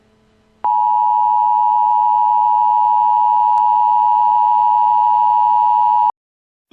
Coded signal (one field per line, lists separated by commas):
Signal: Emergency Alert System (SAME) tones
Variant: 853 and 960 Hz attention tone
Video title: KALESTANIAN NATIONAL EAS SCENARIO: NUCLEAR ATTACK